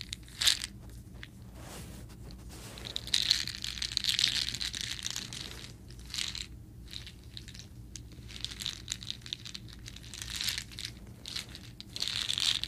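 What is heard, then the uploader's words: Soda candies being handled and crunched, with dense, bright crinkling and crackling that comes in uneven bursts. The louder clusters arrive around the start, near three to four seconds, and again toward the end. A low, steady hum sits underneath throughout. ASMR Soda Candies.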